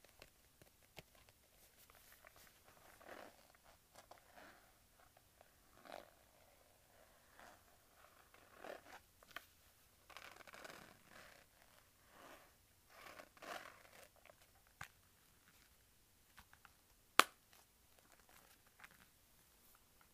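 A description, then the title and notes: A leather wallet is handled, with soft rubbing and creaking bursts that come and go every second or two against near silence. Most sounds are quiet and muffled, but one sharp, loud snap lands around the seventeen-second mark. ASMR Leather Wallet Sounds.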